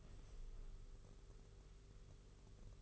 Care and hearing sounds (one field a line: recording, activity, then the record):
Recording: daily activity, microphone in the room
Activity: open window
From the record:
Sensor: 4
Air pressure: 991.2 hPa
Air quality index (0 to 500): 154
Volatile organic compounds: 109 ppm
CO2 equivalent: 3810 ppm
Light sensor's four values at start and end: 6/14/5/6 and 6/14/5/6